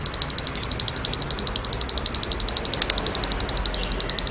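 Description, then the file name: Lovebird gives a steady, fast series of shrill, clipped chirps, a brief click near the middle. Snow (salju) colour variety lovebird owned by Mr Said. "audio lovebird salju milik mr said"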